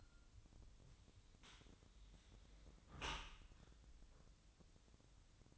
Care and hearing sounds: daily activity, microphone in the room; close dishwasher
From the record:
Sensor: 3

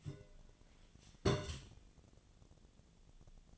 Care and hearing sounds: daily activity, microphone in the room; place on stove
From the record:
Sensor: 4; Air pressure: 1010.8 hPa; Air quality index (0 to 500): 169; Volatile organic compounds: 5 ppm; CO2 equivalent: 1716 ppm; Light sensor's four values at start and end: 39/111/44/46 and 39/113/45/46

